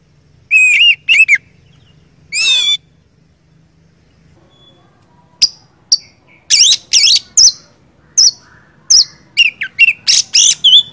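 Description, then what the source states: Oriental magpie-robin song: a few loud whistled notes, a long pause, then a fast series of varied whistles and chirps to the end. First-place champion (juara 1) song, used to tutor other songbirds (masteran).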